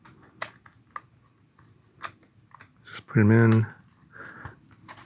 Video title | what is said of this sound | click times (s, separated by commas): VR WAVE DJI FPV Goggles Prescription Lenses 👓 | right eye, left eye is labeled on the top, and they just snap in place like this. | 0.4 s, 1.0 s